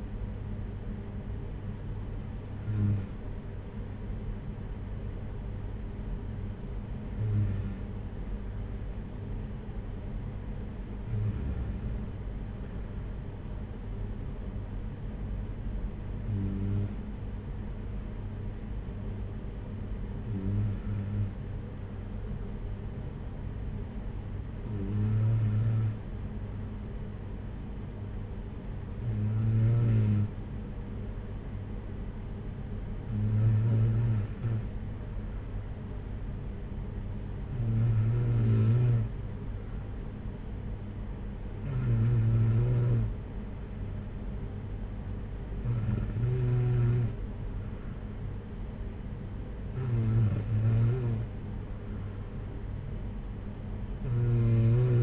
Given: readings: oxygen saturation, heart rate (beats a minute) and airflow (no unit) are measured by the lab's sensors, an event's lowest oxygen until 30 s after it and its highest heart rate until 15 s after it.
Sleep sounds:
breathing in sleep by a smartphone at the bedside; 1
8.00-46.50 s: hypopnea (N2, oxygen 96% highest, then 93% lowest, heart rate 54 at the start, 60 highest)
From the record:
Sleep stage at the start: N2 (light sleep); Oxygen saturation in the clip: 93 to 96%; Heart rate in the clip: 53 to 58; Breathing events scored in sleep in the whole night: 226 in 8.8 hours asleep

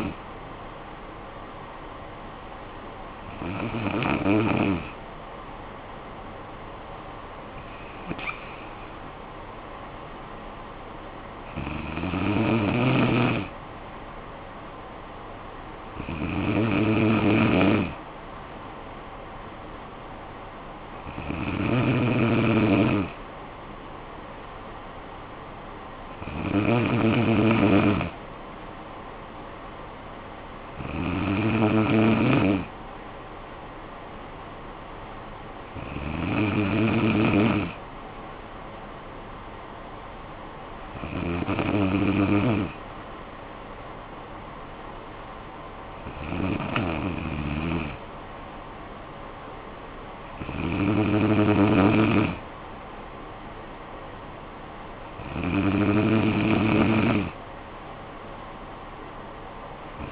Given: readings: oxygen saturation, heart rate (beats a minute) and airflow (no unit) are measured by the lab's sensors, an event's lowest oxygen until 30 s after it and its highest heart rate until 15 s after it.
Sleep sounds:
breathing in sleep by a voice recorder at the bedside; none
none scored
From the record:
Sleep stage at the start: N2 (light sleep); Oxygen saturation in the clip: 93 to 94%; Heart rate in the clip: 53 to 71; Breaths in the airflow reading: 13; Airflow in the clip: -9.6 to 5.7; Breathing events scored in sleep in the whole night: 445 in 7.6 hours asleep

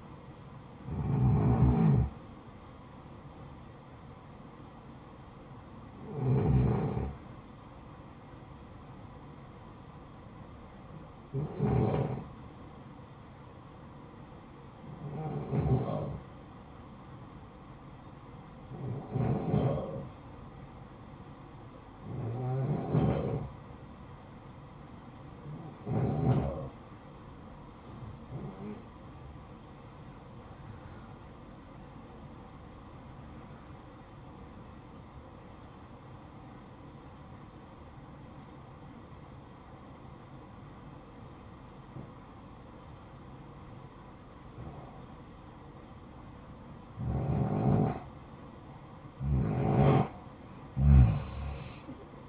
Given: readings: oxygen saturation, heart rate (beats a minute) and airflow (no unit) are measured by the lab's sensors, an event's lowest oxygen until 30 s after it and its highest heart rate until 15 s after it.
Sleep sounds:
breathing in sleep by a smartphone at the bedside; 1
32.00-47.80 s: obstructive apnea (REM, oxygen 93% highest, then 84% lowest, heart rate 60 at the start, 75 highest)
From the record:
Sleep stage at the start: REM sleep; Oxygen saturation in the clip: 84 to 94%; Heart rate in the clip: 53 to 87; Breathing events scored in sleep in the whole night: 573 in 9.8 hours asleep

